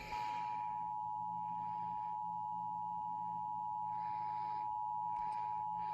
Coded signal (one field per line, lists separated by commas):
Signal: Emergency Alert System (SAME) tones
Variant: 853 and 960 Hz attention tone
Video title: Severely Thunderstorm Warning EAS#479